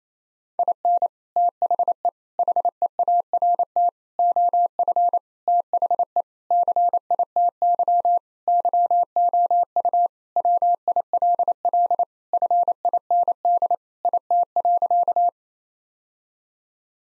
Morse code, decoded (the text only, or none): IN THE HEART OF THE CITY YOU WILL FIND IT.